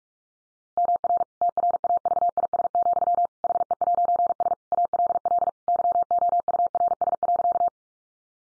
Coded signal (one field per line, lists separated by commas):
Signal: Morse code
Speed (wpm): 44 wpm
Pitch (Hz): 700 Hz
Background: none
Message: MR TRAVIS, HE'S ALL YOURS.